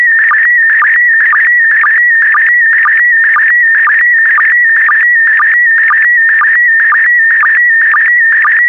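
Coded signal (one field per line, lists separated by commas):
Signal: SSTV (slow-scan television)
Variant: PD120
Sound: warbling whistle-like tone near 2 kHz with regular low blips about twice a second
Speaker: Get ready. Starting transmission in 5, 4, 3, 2, 1. Transmission complete. You can now check your decoded image against the picture that is shown on the video.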